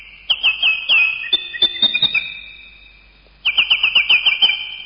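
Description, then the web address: Bird calls: rapid runs of sharp, downslurred chirps with clicking sounds, a pause, then another quick chirping burst. "animali uccelli uccelli birds"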